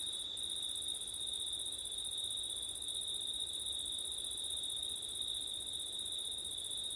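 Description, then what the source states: Cricket chorus ringing steadily, a pure high trill plus a brighter upper band, soft low noise underneath. Crickets recorded on a September night with wind.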